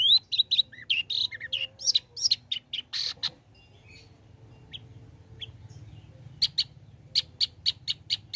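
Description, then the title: Long-tailed shrike song: a quick run of high chirps and short whistled notes, a quiet pause, then a burst of sharp repeated chips near the end, over low background hum. Bird singing vigorously (gacor), offered as a tutor recording (masteran) for training other songbirds. "Cendet Gacor Cocok Untuk Masteran"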